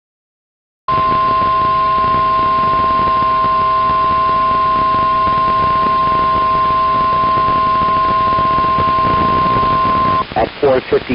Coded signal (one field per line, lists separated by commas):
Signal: Emergency Alert System (SAME) tones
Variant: 1050 Hz attention tone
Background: speech